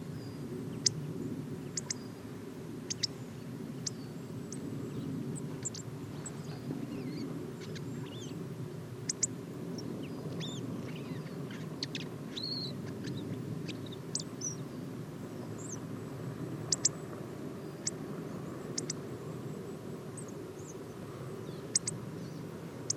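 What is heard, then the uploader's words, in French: Many birds call through a sunny morning, with short, bright chirps and whistles scattered across the whole stretch, some sharp. Underneath, a steady low rumble of aircraft drones without a break, filling the background throughout. Safari sonore - Automne à la Sarcena. Voici le résumé d'un safari sonore effectué en forêt de Val Drôme. Beaucoup d'oiseaux en cette belle matinée ensoleillée, mais aussi beaucoup d'avions.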